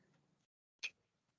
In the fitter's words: when i release the lever you hear the click